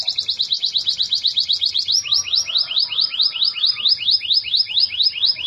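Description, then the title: Canary song as a very rapid, even trill of downslurred notes, shifting midway to a slightly slower, higher rolling phrase. "Kenari"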